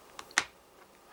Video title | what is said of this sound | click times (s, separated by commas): Building 009 Welshpool & Llanfair Coach Kits from Inoxion Models - The Railway Room | and it just clips on with a lovely satisfying snap. | 0.4 s